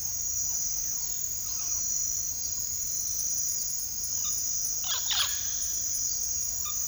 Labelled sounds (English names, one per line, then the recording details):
Mealy Parrot
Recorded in secondary vegetation near Puerto Asís, Putumayo, Colombia, on 18 February 2024 at 07:30
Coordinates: 0.500, -76.326
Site G6428